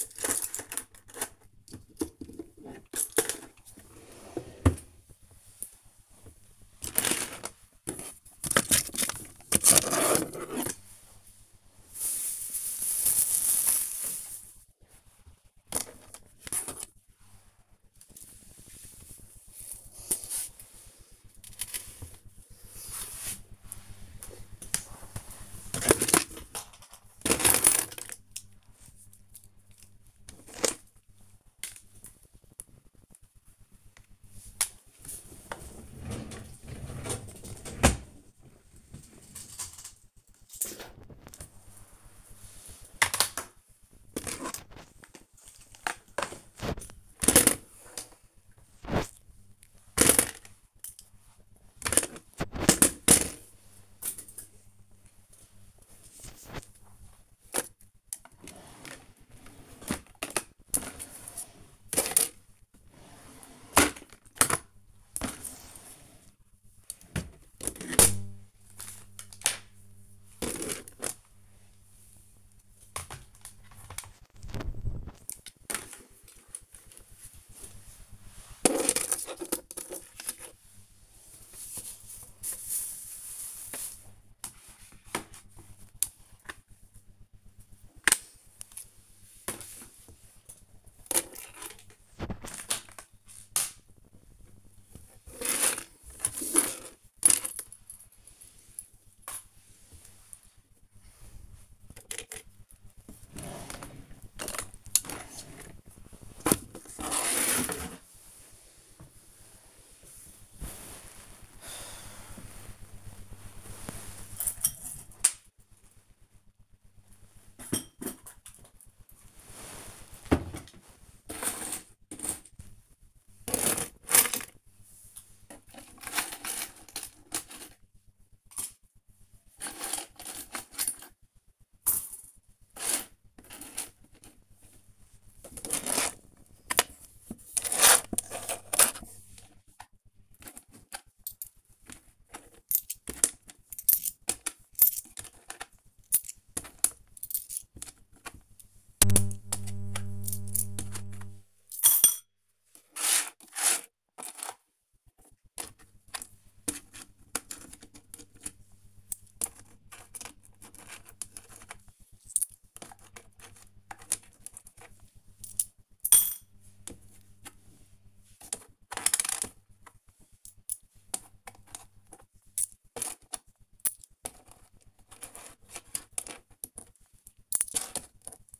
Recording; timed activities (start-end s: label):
household activities, microphone on the right wrist
0.00-40.55 s: tidy up the cupboard
42.57-178.60 s: tidy up the cupboard